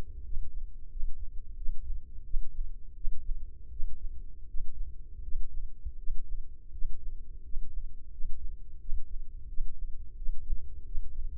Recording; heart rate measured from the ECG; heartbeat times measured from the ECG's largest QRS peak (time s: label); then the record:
heart sounds by microphone in the right ear; 85 bpm
0.23 s: heartbeat
0.89 s: heartbeat
1.56 s: heartbeat
2.24 s: heartbeat
2.94 s: heartbeat
3.70 s: heartbeat
4.46 s: heartbeat
5.22 s: heartbeat
5.97 s: heartbeat
6.71 s: heartbeat
7.42 s: heartbeat
8.10 s: heartbeat
8.79 s: heartbeat
9.47 s: heartbeat
10.16 s: heartbeat
10.84 s: heartbeat
From the record:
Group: healthy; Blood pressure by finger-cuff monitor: 97/56 mmHg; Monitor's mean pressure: 69 mmHg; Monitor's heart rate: 86 bpm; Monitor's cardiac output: 7.7 L/min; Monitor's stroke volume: 91 mL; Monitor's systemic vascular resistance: 630 dyn s/cm5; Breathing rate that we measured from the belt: 17 breaths a minute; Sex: male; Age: 19 years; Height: 178 cm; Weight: 83 kg